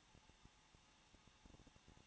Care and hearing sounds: daily activity, microphone in the room; no activity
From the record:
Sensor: 1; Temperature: 20.1 degrees Celsius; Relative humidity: 39.2%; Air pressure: 1006.3 hPa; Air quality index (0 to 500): 218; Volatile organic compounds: 78 ppm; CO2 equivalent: 3594 ppm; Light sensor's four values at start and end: 1/2/1/1 and 1/2/1/1

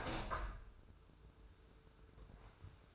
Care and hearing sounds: daily activity, microphone in the room; open window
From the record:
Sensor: 2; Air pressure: 995.6 hPa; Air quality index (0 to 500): 89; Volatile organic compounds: 4 ppm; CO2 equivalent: 1631 ppm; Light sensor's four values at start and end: 24/76/30/29 and 24/77/30/29

